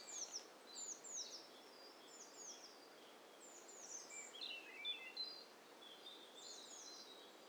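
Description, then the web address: Bird chorus of bright sweeping chirps and short twitters, some notes falling sharply, arriving in irregular clusters over faint background hiss. Mixture of several birds in hi-fi stereo. "Hi Fi STEREO BIRD COCKTAIL PARTY Challenge SBCP TESTSET HDBird Cocktail Party"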